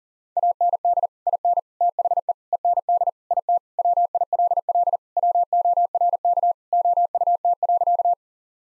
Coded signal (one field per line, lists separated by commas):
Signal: Morse code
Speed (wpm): 40 wpm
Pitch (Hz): 700 Hz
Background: none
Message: AND IN THE END IT WILL WORK OUT.